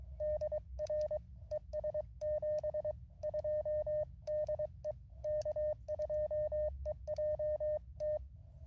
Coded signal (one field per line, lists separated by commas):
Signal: Morse code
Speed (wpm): 23 wpm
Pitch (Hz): 610 Hz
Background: radio noise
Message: DR ES 72 DE K2EJT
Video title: QRP CW POTA at K-5221 with the MTR-4B and lousy band conditions